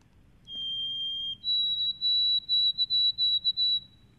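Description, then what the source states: White-throated Sparrow song: a long pure whistled note, then a slightly higher note followed by a run of repeated whistled notes. Played back; mournful-sounding song, sung when the birds first arrive with the first cool spell in October; rendered as 'oh Canada, Canada, Canada' or 'Sam Peabody, Peabody'; breeds across Canada and New York State.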